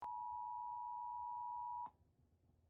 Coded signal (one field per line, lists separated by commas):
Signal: Emergency Alert System (SAME) tones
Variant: 853 and 960 Hz attention tone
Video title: EAS Mock: WE GOT TO GO NOW!